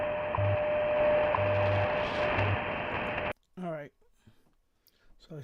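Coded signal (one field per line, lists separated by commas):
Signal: radio time signal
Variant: WWV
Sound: steady 600 Hz tone and low 100 Hz pulses in static, then a man talking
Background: radio static, speech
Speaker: so let's play wwvb i mean wwv excuse me five megahertz 3 53 in the morning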